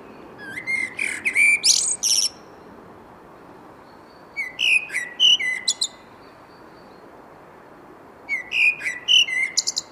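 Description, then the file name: Common blackbird giving three warbled phrases about four seconds apart, mellow whistles running into thin, scratchy high notes, with quiet gaps between. "Turdus merula"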